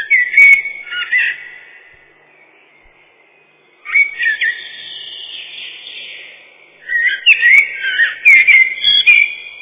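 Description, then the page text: Common blackbird song, three phrases of fluty whistles and warbles separated by short quieter pauses. Song described as mournful fluting whistles. "Черный дрозд — Turdus merula"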